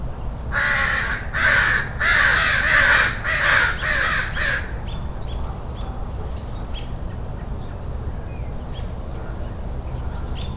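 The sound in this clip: Crow cawing: a run of several rough, rasping caws, then only faint high sounds.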